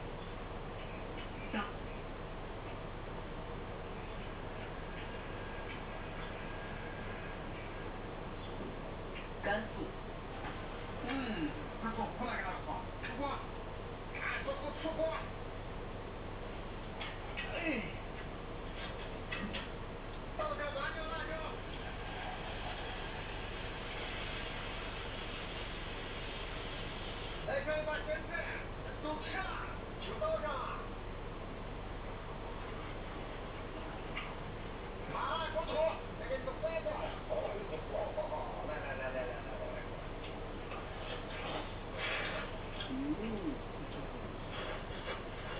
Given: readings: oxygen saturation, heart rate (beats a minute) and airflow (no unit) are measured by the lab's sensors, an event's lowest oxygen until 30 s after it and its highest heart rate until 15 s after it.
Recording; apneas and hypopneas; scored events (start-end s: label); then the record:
a person awake in a sleep study, by a voice recorder at the bedside; none
0.00-45.60 s: awake
From the record:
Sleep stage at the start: awake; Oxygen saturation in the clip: 93%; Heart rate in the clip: 65 to 71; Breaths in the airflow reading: 14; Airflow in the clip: -4.9 to 4.7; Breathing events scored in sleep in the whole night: 476 in 9.7 hours asleep